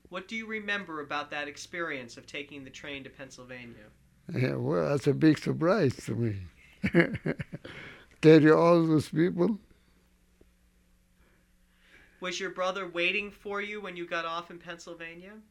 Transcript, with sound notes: What do you remember about that experience of taking the train to Pennsylvania?
Well, that's a big surprise for me. ( he laughs )
Was your brother waiting for you when you got off in Pennsylvania?